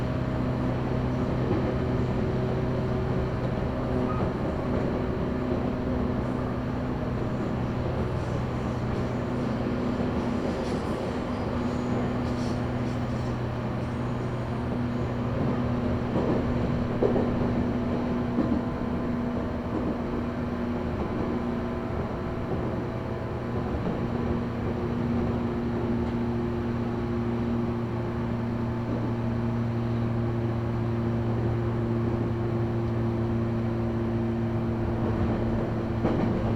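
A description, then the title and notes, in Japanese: A train runs along the Kagoshima and Chikuho lines toward Orio station. A low, steady motor hum with several sustained tones fills the whole stretch, with faint clicks and rattles of the wheels and a brief brighter squeal around eleven and seventeen seconds. 鹿児島本線・筑豊本線 九州工大前→折尾→本城。北九州市内の工業地帯を行くので貨物用の側線が多く並んでいて。スペースワールド駅で特急を待避し折尾駅に到着します。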